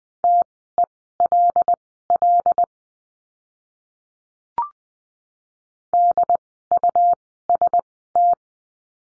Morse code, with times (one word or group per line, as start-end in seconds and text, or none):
0.2-2.6 TELL
5.9-8.3 DUST